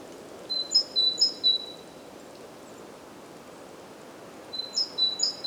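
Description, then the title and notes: Great tit giving short strophes of clear whistled notes, a brief run near the start and another after a silent gap, over light ambient noise. Recorded at Głodówka, Žilina Region, Slovakia, with a Zoom F3 recorder and Usi Pro microphones. "Głodówka, Kraj żyliński, Słowacja - Great voice of a great tit. Recordist: Maciej Wirmański"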